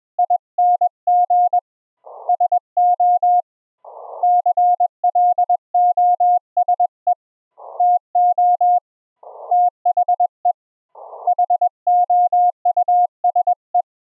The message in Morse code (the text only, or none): ING SO CLOSE TO THE HOUSE